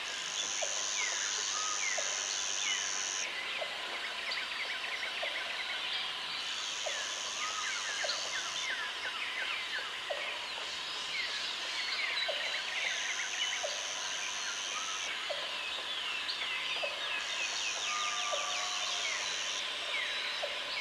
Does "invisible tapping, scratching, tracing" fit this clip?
no